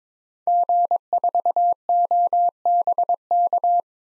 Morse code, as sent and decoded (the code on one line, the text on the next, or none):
--. ....- --- -... -.-
G4OBK